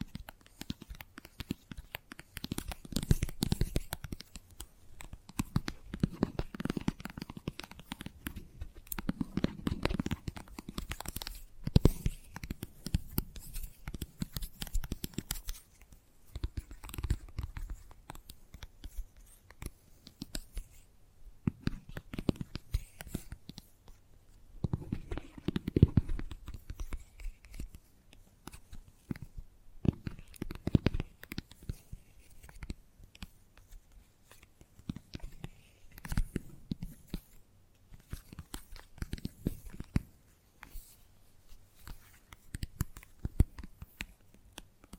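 Gentle tapping goes on throughout, soft irregular taps in clusters with brief pauses between them. The sound sits mostly low and muffled, with occasional brighter clicks and scratchy, papery rustling. A few louder bursts come near 6, 10 and 26 seconds.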